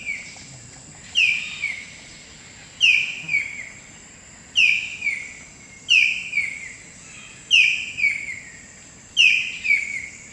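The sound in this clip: Blue-breasted kingfisher giving several repeated phrases, each a strong whistled opening note sliding into a falling series of quicker piping notes, roughly every one and a half seconds.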